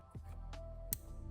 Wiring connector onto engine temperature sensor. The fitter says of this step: So this should make a nice satisfying click when I put it in,